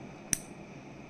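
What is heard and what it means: The clasp on an anti-tarnish metal bangle bracelet is opened, giving a single sharp, bright click at 0.3 s against faint background hiss. The clasp releases and the bracelet comes open.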